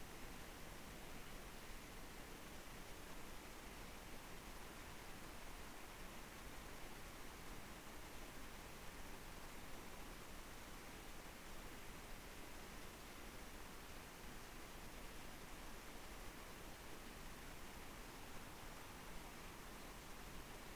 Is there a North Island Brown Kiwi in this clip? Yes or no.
no